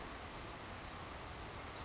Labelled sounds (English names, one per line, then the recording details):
Savannah Sparrow
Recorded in Sonoma County, California